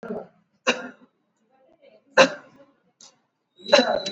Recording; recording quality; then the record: shallow voluntary cough; moderate, slight background noise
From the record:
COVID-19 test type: RT-PCR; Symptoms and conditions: cough, cold, fever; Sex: male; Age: 35 years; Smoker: no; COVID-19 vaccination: both doses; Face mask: worn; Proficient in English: yes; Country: India